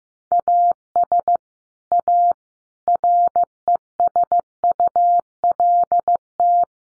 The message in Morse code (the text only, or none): AS A RESULT